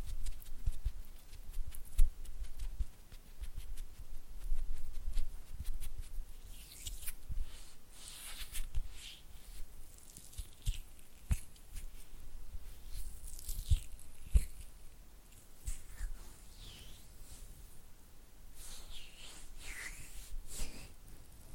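Oily hand and flutter finger sounds: soft, wet rubbing and quick fluttering taps that come and go in uneven bursts. Brighter smeared swishes gather around seconds 7–10, 13–15 and 19–21, with scattered sharp clicks between and a low rumble underneath.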